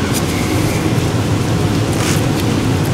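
A fuel pump hose quick-connect is being pushed onto its fitting on a KTM 1290 motorcycle fuel tank. Steady low broadband noise with a low rumble and faint hiss continues throughout, with no distinct sharp sound. Nothing has seated or clicked yet, so the connector is not yet fully on.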